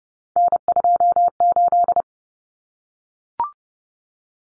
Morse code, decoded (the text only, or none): N28